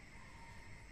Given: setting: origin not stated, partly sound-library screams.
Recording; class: one-second piece from a danger detection set; normal situation